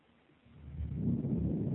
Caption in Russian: Пациента, страдающего фиброзно-кавернозным туберкулезом легких. Слева, в проекции верхней доли легкого, в связи с бронхитом выслушивается жесткое дыхание и единичные сухие хрипы.